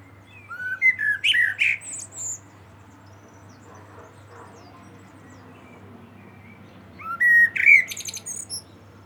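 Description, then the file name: Common blackbird song: a fluty whistled phrase with squeaky twittering end, a long pause, then another similar phrase; faint quieter notes between and a low hum. "Turdus merula"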